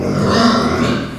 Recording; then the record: squeal of a Yucatan mini pig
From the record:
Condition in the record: after surgery on the right vocal fold (resection and tissue-engineered implant); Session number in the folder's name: 12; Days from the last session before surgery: 105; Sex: female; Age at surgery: 19 weeks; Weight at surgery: 25 kg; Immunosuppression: prednisolone